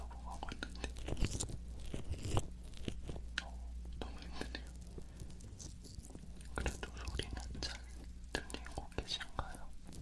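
Rubbing and squishing of lotion being worked over a microphone, with dense clusters of wet crackles and soft crunchy taps arriving irregularly throughout. A steady low hum sits underneath, and the sound stays quiet.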